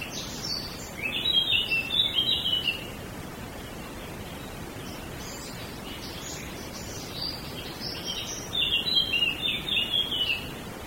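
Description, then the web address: Small birds singing in two bouts of high, rapid twittering chirps, one early and one near the end, with a faint phrase between, over a constant hiss. Small birds in a wood. "audio bosco Uccellini bosco e moscone"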